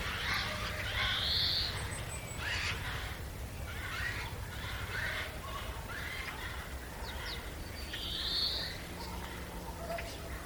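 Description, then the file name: Eurasian jay with scattered hoarse, grating calls spaced a few seconds apart, some brief thin notes between them, over a constant low rumble. "Garrulus glandarius"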